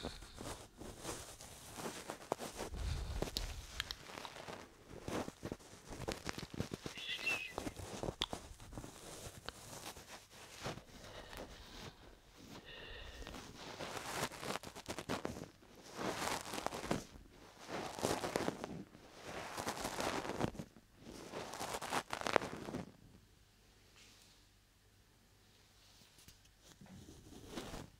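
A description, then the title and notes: Ear cupping and massage with lotion: repeated wet, crackly rubbing bursts, squishy and bright, in dense pulses, then near quiet after about 23 seconds. ASMR Ear Lotion Ear Cleaning Ear Cupping Ear Massage (3Dio).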